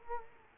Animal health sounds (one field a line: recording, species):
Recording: mosquito wingbeat signal from an infrared sensor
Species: Culex quinquefasciatus